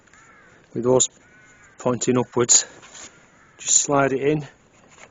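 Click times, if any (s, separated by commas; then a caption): none. Someone talks while a 20 V 4 Ah slide-on battery pack for a Parkside cordless pole saw from Lidl is being handled, ready to be slid into the pole saw's battery housing in the handle. The clip ends before the pack goes home, so nothing has seated or clicked into place yet.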